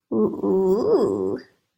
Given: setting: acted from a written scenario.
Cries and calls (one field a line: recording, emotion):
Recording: vocal sound without words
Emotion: romantic love